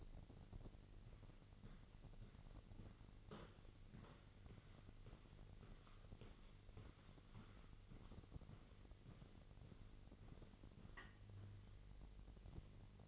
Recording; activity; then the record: daily activity, microphone in the room; walk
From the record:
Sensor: 4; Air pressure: 1002.4 hPa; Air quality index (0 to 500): 216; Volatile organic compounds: 12 ppm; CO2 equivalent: 2338 ppm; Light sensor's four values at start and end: 20/71/26/26 and 20/71/26/26